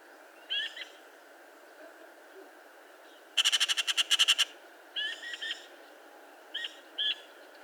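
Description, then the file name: Eurasian magpie giving a fast, dry rattling chatter of many notes, with brief harsh chack calls before and after. "Pica pica"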